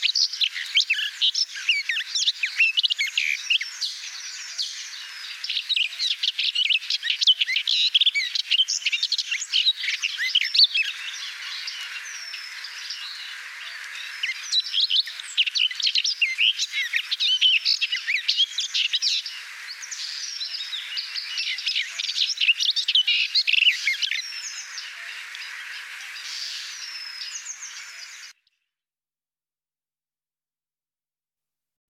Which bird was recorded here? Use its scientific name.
Sylvia borin